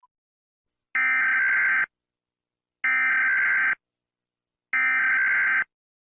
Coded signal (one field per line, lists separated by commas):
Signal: Emergency Alert System (SAME) tones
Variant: header bursts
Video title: Rating eas alarms by how scary and cool they are!